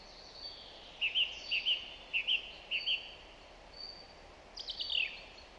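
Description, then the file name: Song thrush singing: a short double-note phrase repeated four times, then a pause and a brief new descending phrase, with steady hiss behind. "Zanglijster Turdus philomelos"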